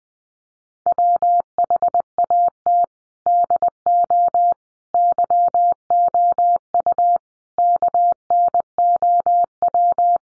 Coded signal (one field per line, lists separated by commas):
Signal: Morse code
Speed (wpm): 20 wpm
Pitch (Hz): 700 Hz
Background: none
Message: WHAT DO YOU KNOW